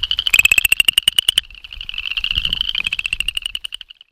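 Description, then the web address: Cajun chorus frog call: one loud pulsed, slightly rising rasp lasting just over a second, followed by a fainter pulsed trill. "Frog Pseudacris Fouquettei"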